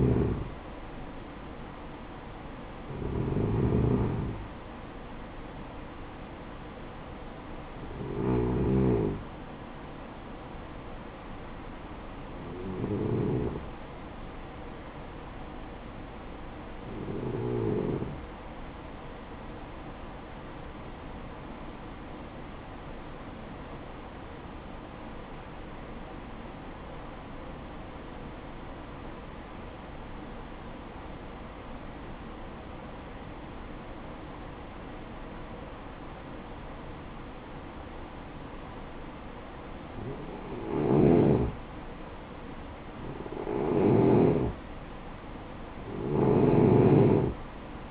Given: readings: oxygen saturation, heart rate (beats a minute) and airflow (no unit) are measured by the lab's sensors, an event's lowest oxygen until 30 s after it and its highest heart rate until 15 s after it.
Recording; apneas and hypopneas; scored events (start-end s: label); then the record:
breathing in sleep by a voice recorder at the bedside; 1
24.00-41.40 s: obstructive apnea (N2, oxygen 96% highest, then 90% lowest, heart rate 57 at the start, 65 highest)
24.00-47.91 s: new sleep stage, N2 (light sleep)
From the record:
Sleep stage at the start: N1 (lightest sleep); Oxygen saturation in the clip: 86 to 96%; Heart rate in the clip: 53 to 74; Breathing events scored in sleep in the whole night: 573 in 9.8 hours asleep